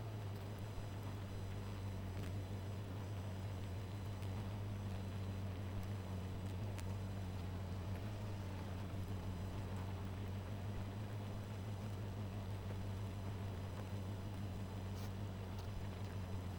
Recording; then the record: honeybee colony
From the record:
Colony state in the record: missing queen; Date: 14 July 2017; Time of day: 1:32